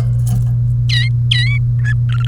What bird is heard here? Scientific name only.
Serinus canaria